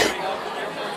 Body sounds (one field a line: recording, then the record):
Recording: coughing mixed with background sound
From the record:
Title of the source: 61 morning phlegmy cough...again